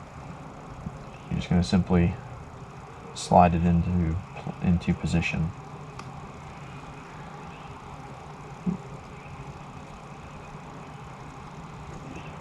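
A tow mirror wiring harness terminal, which only fits one way, is being slid by hand toward its position in the factory mirror connector on a 2013–2018 fourth-generation Ram 1500–3500 truck while someone talks. The clip ends before the terminal goes home, so nothing has seated or clicked yet.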